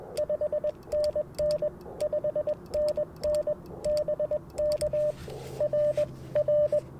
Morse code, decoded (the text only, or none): 5NN 5NN BK R R